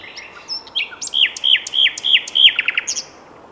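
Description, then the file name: Common nightingale song of soft whistles followed by several slurred, repeated downward notes and a quick rattling flourish. "Luscinia megarhynchos"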